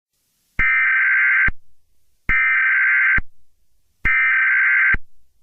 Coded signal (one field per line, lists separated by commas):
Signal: Emergency Alert System (SAME) tones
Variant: header bursts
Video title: Two | EAS Scenario #1